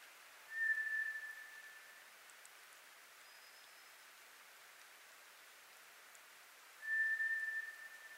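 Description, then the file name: White's thrush song of slow, eerie whistles: two long level notes roughly six seconds apart, with a faint higher whistle between. Recorded 24 April 2010. "toratugumi-20100424"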